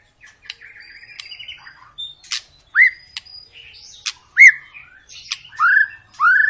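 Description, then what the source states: White-rumped shama song, soft chattering followed by several loud upswept whistles. Long lure song of a White-rumped shama in full song, used to prompt other birds to sing.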